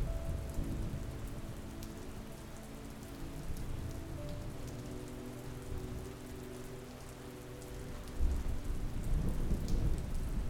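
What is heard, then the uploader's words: A storm with steady rain pattering down throughout, dense and even, with a low rumble of distant thunder rolling underneath. Around eight seconds the low rumble swells and grows closer and heavier, continuing to the end. Sound of the storm.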